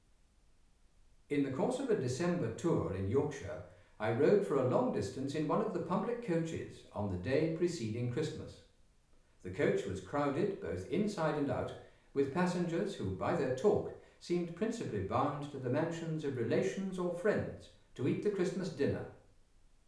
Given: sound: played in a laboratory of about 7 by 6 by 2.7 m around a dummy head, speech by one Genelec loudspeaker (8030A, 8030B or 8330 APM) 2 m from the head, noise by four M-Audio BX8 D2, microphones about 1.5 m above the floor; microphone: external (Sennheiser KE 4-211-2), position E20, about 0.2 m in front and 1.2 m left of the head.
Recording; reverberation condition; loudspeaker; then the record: male speech in English; medium; 150 degrees to the left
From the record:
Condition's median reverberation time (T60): about 510 ms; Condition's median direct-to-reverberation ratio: about -0.5 dB